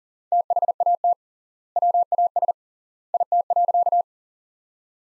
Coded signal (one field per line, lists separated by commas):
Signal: Morse code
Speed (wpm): 37 wpm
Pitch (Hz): 700 Hz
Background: none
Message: THAT WAS IT.